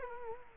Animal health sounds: mosquito wingbeat signal from an infrared sensor; Culex quinquefasciatus

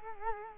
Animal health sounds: mosquito wingbeat signal from an infrared sensor; Culex quinquefasciatus

